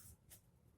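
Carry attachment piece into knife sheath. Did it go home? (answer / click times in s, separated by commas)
no / none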